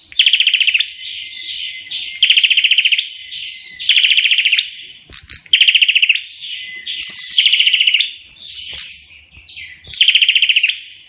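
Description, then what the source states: Prinia song: six machine-gun rattles of fast even pulses, roughly every two seconds, joined by buzzy connecting notes. Indonesian prenjak in vigorous full song (gacor), its call described as sounding like AK-47 gunfire.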